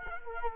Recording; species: mosquito wingbeat signal from an infrared sensor; Culex quinquefasciatus